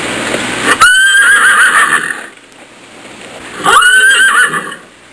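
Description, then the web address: Horse whinnying twice, each a loud high quavering neigh with a wavering tremolo, the second about three seconds after the first. "Soundsation. Animals Horse"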